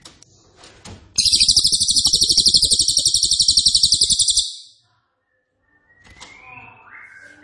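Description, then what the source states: Cililin song: a loud, very fast, high-pitched trill running over three seconds, with quieter chirps and faint background notes before and after. Loud, dense, rapid-fire song ('nembak keras dan rapat'), presented as a favourite training recording (masteran) for oriental magpie-robin, leafbird and white-rumped shama.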